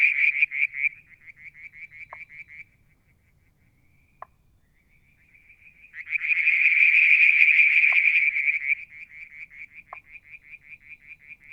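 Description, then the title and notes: Frog calls: a run of evenly spaced pulsed notes, a quiet pause with a single click, then a loud buzzing trill followed by more regular pulses. Striped marsh frog, Verreaux's tree frog and an unidentified frog; Mount Wilson, New South Wales, Australia; July 2022; evening, near a water tank. "Frog song, Mount Wilson, New South Wales, Australia in July 2022 – by Alexander Moffatt. Limnodynastes Peronii, Litoria Verreauxii and a mystery frog one evening near the water tank"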